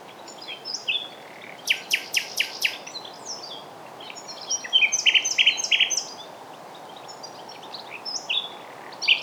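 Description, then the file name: Common nightingale song: varied phrases including a run of sharp repeated clicks, quick trills and whistled notes, with hiss behind. "Luscinia megarhynchos"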